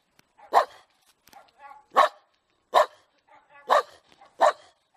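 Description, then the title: Dog giving five loud barks about a second apart, with softer short yips and huffs between them. Compilation of several dogs barking, presented as funny. "LADRIDOS DE PERROS 🐶 Perros LADRANDO"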